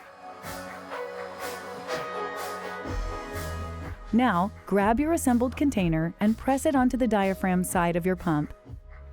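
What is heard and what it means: An assembled plastic milk collection container is being handled toward the diaphragm side of a Willow Go wearable breast pump motor unit, with music playing and someone talking throughout. The container has not seated or clicked into place yet by the end of the clip.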